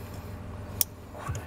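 After its plastic nut is tightened with a 12 mm socket, a trailer brake controller is clipped into its dash mounting bracket on a 2011 Ford van, as part of a wiring kit for 2, 4, 6, and 8 brake electric trailer brake controllers. A single sharp click at 0.8 s marks the controller seating in the mount, over a low steady hum, followed by a fainter knock around 1.4 s.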